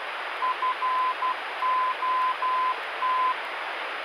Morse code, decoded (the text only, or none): FOT